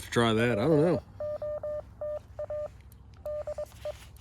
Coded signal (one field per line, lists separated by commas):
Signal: Morse code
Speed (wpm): 22 wpm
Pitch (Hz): 600 Hz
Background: speech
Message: E POTA DE